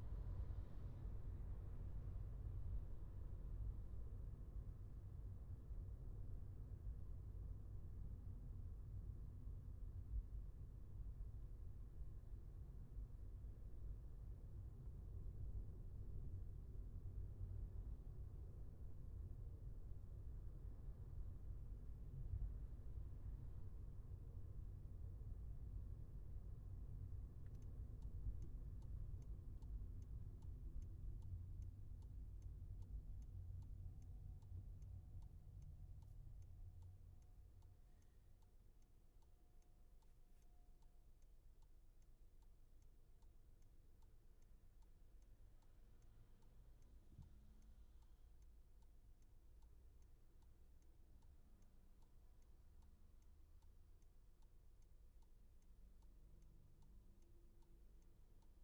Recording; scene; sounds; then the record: everyday scene through a hearing-aid microphone; in a vehicle; engine, traffic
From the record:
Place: Skoda Fabia, gasoline engine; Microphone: behind the ear, left, front